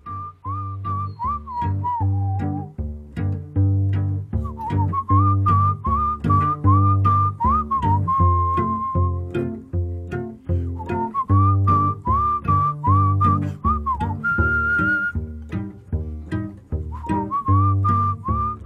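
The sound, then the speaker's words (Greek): A person whistles a casual, wandering tune in steady phrases over a busy rhythmic accompaniment with deep, thumping low tones. There's no talking, just the bright whistled melody riding on top. “Αλλά ρε παιδί μου, τότε που όλοι κλείναν τα σύνορα και τις πτήσεις για τη Βρετανία, από τη Βρετανία, η Ελλάδα σφύραγε αδιάφορα. Να, σφυρούσε έτσι, σου λέει δεν πειράζει, δεν...”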